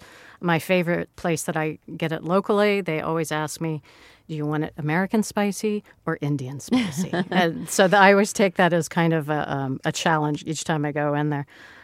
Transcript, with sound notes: My favorite place that I get it locally, they always ask me, do you want it American spicy or Indian spicy?
(Laughter).
And so I always take that as kind of a challenge each time I go in there.